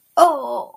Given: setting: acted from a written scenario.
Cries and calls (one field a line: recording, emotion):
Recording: vocal sound without words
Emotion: pain